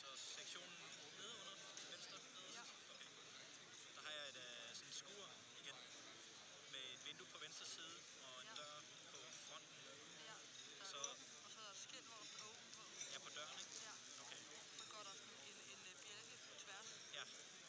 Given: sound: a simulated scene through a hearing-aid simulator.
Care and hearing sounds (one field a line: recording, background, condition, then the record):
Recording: conversation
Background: cafeteria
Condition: 0 dB SNR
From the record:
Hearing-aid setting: I (fast-acting compression, audibility-based gain)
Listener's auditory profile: B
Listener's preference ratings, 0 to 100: 65, 9, 17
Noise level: 65 dB SPL